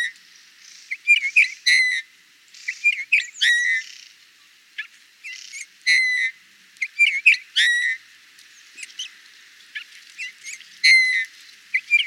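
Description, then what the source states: Eurasian bullfinch calls: short whistled notes near the same pitch with bright overtones, given in quick clusters separated by brief pauses throughout, over a faint hiss. Recorded in Burgundy, France.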